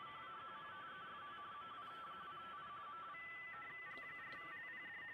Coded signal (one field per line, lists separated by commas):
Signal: RTTY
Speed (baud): 45.45 baud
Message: CQ TEST MW2I MW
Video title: M0KNM - RSGB 3.5MHz Club Championship Data Contests Livestream 11/02/26